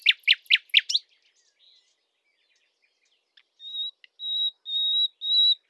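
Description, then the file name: Common nightingale song: a few quick, harsh, sweeping notes, a pause, then a series of pure, level whistles that swell louder, in a quiet setting. "Luscinia megarhynchos"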